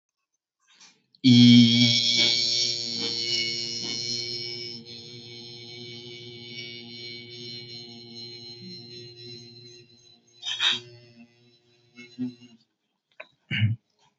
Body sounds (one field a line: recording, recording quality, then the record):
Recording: sustained vowel as in beet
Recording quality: moderate, slight background noise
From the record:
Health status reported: healthy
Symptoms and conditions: none ticked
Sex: male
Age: 25 years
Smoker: not ticked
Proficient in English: yes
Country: India